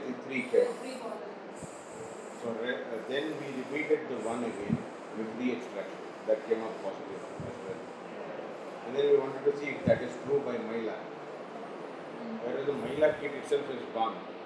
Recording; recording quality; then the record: deep breathing; poor, much background noise or distortion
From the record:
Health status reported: healthy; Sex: male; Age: 30 years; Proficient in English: yes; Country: India